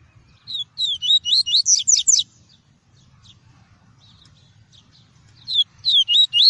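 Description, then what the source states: Double-collared seedeater song: a rapid phrase of about eight high whistled notes, then a pause before a second phrase begins. Song of the "tui-tui" variety.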